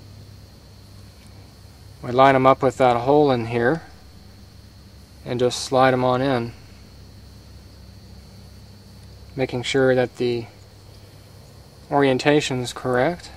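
A brake pad wear sensor is lined up with the hole in the brake pad and slid in, with its orientation still being checked. Someone talks in four bursts over a steady background hum. Nothing has seated or clicked yet.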